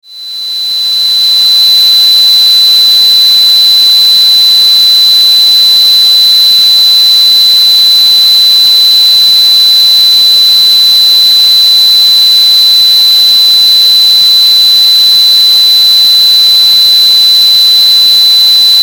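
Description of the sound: A steady high-pitched ringing tone near 4 kHz sits over a constant hiss, fading in over the first two seconds and then holding unchanged. It is a simulation of tinnitus, the ringing in the ears heard without any outside sound.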